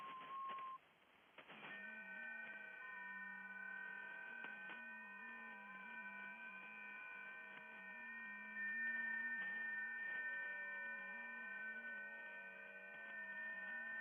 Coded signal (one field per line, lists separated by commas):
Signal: FT8